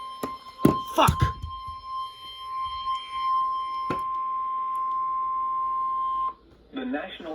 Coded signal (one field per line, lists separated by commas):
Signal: Emergency Alert System (SAME) tones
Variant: 1050 Hz attention tone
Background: speech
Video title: EAS 346 (RIP HH) - SVR